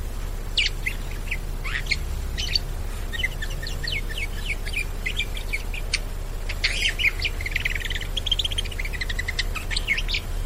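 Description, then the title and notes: Bird singing a busy twittering song of rapid chirps and short trills, nearly continuous, over low background hum. Bird ringtone with melodious sounds. "Burung Dengan Suara Merdu"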